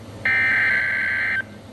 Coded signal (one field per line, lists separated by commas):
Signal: Emergency Alert System (SAME) tones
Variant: header bursts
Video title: DOUBLE HEADER STORM SURGE WARNING FOR HURRICANE HENRI!! EAS #22-23